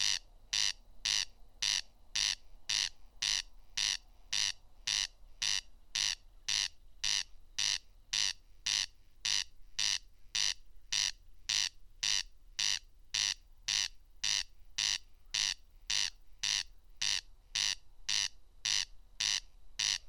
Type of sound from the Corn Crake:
song